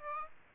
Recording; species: mosquito wingbeat signal from an infrared sensor; Aedes aegypti